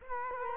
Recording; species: mosquito wingbeat signal from an infrared sensor; Culex quinquefasciatus